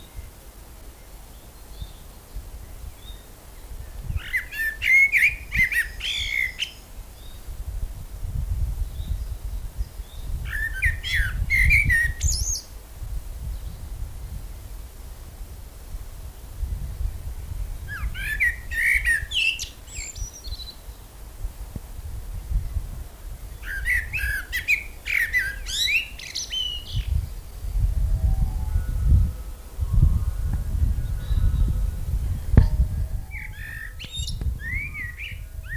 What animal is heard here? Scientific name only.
Turdus merula